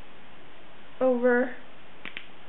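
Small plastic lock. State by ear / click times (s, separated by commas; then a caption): seated / 2.1 s, 2.2 s. A PICC line's catheter wings are pushed onto the two blue posts of a plastic securement device on the arm, and the hinged lock is flipped over and snapped closed. Someone talks briefly, then two sharp snaps sound at 2.1 and 2.2 seconds. The lock snaps shut and the line is seated, the snap being the sign that it is properly in.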